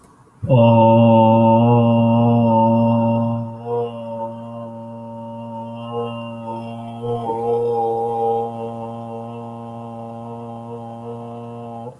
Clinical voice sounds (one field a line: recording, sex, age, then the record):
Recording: vowel held as long as possible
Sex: male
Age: 20 to 29 years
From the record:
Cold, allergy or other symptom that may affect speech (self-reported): no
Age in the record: 25 years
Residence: United States